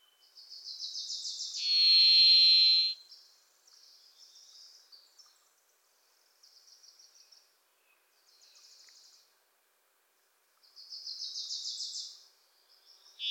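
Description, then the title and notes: Varied thrush gives one prolonged, flat whistle, with a Wilson's Warbler delivering short, rapid chattering trills before and after it. Sings from deep within trees in forests of the Pacific Northwest, hard to locate; a Wilson's Warbler sings alongside. "The Varied Thrush, Ixoreus naevius, is a wisp in the forests of the Pacific Northwest."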